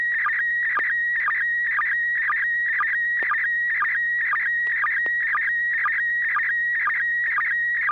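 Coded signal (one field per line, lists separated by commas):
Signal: SSTV (slow-scan television)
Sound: steady high warbling tone with rhythmic chirpy bursts about twice a second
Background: low hum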